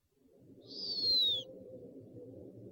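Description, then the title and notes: Owl call: a single high, thin whistle drifting gently downward in pitch over steady low hiss. Compilation of 69 call variants from 11 owl species. "Sovy - Eulen - Owls. 69 variant hlasů - 11 druhů sov"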